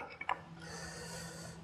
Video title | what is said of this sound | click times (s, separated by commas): HIBLOW HP-80 Rebuild Video - New Style Safety Slide Switch (Same for Models HP-40 to HP-200) | push down on the rod on the other side you hear a click and then you kind of finagle it out | 0.2 s, 0.3 s